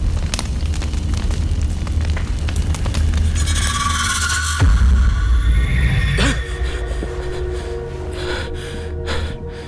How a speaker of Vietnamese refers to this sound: Đột nhiên Bình nghe có âm thanh gào thét, tiếng của lửa cháy